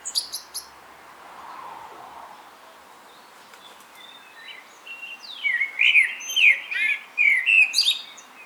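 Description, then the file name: Common blackbird giving a brief high twitter, a quiet pause, then a run of rich fluty warbles rising into squeaky high notes. "Turdus merula"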